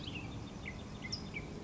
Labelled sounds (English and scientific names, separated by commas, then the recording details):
California Towhee (Melozone crissalis)
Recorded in Sonoma County, California